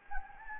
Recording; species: mosquito wingbeat signal from an infrared sensor; Anopheles gambiae